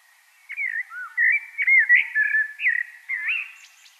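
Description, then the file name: Common blackbird singing a run of rich, looping whistled notes, closing with a brief high squeaky flourish. "Turdus merula"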